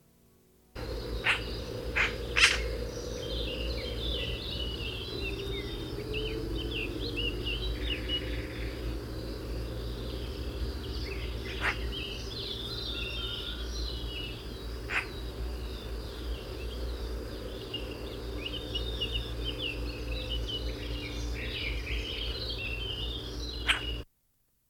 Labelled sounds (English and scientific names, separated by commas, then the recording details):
Eurasian Magpie (Pica pica) call
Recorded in the wild
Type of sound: call
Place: Tscherwen, Ruse, BG
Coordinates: 43.452, 25.054
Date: 1974-06-09
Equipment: Nagra III BH, Sennheiser MD 21, parabola
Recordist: Schubert, Michael
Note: Elster